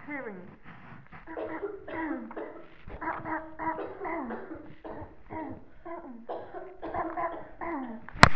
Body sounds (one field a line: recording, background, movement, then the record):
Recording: throat clearing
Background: a bystander coughing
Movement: sitting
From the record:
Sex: female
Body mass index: 18.8 kg/m2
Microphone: on the chest, facing the body